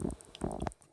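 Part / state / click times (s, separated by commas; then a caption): action figure foot peg into display stand slot / not seated / none. A 1/6 scale Hot Toys Star Wars Chewbacca action figure's foot peg is tilted into the slotted display base and pushed in, producing a series of soft plastic knocks and scrapes, the sharpest at about 0.4 s and 0.7 s. The small plastic tabs do not go down far enough to snap under the bars, so nothing has clicked or seated, and the figure stays loose.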